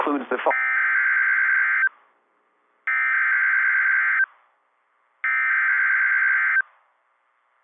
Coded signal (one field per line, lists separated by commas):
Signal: Emergency Alert System (SAME) tones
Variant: header bursts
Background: speech